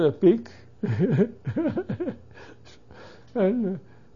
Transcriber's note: he laughs